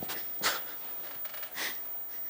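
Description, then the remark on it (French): A dog named Luna snorts and breathes quietly, with two short, airy bursts of breath standing out against a soft, steady hiss. No one speaks. “Ouais, toutou. Et viens là.”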